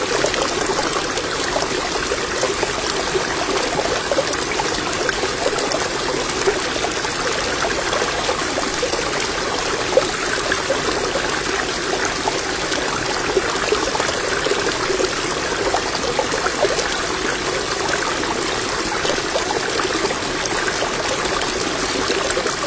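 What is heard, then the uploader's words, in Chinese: A shallow, fast-flowing stream rushes steadily over stones, a dense, unbroken wash of bubbling and splashing water. The sound stays even in loudness throughout, fairly bright, with busy trickling detail on top and little low rumble beneath. 高清 水流声系列一急。水浅急流。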